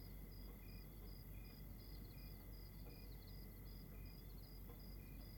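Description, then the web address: Several crickets chirping in brief repeated pulses, layered at different pitches, with a constant high hum and heavy low rumble underneath. Night ambience recorded in Rwanda. "GDC 2016-Game Audio Bundle Monte Sound - Atmospheres of Rwanda AMB External Rwanda Night Crickets"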